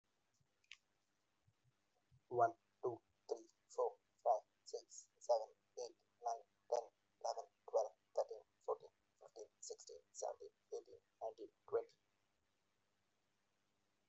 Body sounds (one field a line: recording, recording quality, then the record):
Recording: counting at a fast pace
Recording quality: excellent, no background noise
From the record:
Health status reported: exposed to COVID-19, no respiratory illness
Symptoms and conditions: cough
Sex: male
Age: 38 years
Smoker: yes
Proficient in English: yes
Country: India